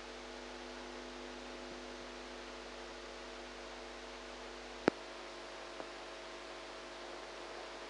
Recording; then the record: brain microelectrode recording played as sound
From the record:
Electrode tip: outside the subthalamic nucleus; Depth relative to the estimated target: -4 mm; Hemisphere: right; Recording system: NeuroSet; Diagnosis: Parkinson's disease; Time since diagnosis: 8 years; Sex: female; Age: 45 years